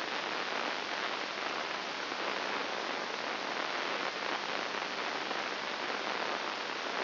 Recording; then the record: brain microelectrode recording played as sound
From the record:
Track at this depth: inside the subthalamic nucleus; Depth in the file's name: 2.101 mm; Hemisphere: right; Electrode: 3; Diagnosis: Parkinson's disease